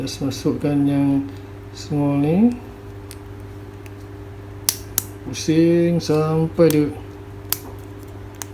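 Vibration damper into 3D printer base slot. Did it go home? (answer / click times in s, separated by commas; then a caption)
yes / 7.5 s. A small vibration damper is inserted into a slot in a 3D printer base and twisted until it locks with a sharp click at 7.5 s, seating it. The damper is meant to reduce the machine's vibration while printing. Someone talks throughout, and other sharp clicks are heard around 4.7 s and 5.0 s.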